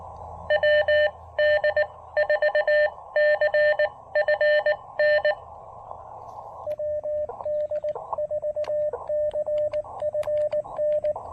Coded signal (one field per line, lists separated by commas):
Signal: Morse code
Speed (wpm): 18 wpm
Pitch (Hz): 590 Hz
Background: radio noise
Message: WD4CFN WD4CFN